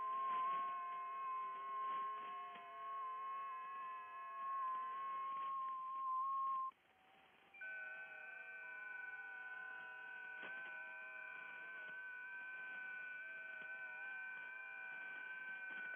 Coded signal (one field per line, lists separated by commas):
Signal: FT8